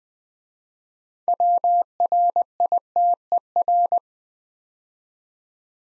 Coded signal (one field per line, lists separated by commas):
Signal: Morse code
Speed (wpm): 20 wpm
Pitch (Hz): 700 Hz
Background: none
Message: WRITER